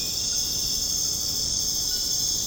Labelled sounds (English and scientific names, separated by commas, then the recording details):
none
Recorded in dense forest near Puerto Asís, Putumayo, Colombia, on 25 June 2025 at 21:00
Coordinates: 0.486, -76.317
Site G065